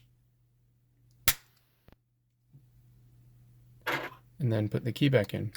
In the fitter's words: snap the other side of the key fall back on and then